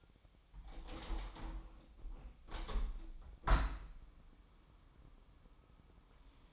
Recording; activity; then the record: daily activity, microphone in the room; open window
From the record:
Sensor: 1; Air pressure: 1006.5 hPa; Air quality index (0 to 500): 210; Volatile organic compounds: 24 ppm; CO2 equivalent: 2823 ppm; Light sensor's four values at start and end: 12/31/12/13 and 12/32/13/14